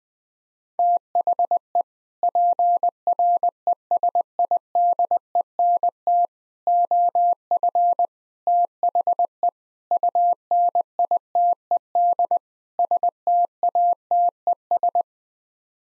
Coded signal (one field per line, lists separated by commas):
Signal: Morse code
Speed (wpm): 20 wpm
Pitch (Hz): 700 Hz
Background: none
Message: THE PRESIDENT OF THE UNITED STATES